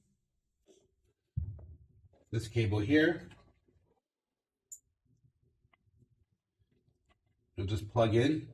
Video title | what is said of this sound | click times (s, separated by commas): Sugar Holder Change tutorial | this cable snaps right in | 1.6 s